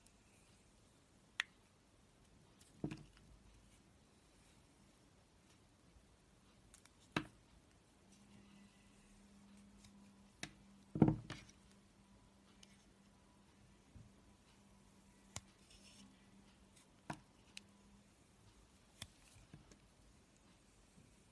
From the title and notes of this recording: This episode of the White Noise Podcast is SOAP CARVING.